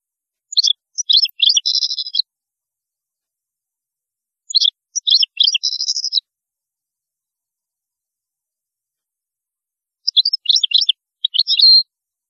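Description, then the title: European goldfinch song: three busy twittering phrases of high, jangling notes, with quiet gaps between. "Chant Chardonneret"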